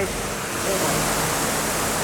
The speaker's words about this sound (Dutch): Daar horen wij het water. Ja, dit zijn de filters. En hier halen we het ijzer en het mangaan uit het water.